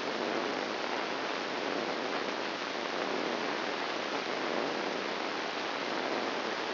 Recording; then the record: brain microelectrode recording played as sound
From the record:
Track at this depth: inside the subthalamic nucleus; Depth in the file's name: 2.503 mm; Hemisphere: left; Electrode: 2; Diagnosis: Parkinson's disease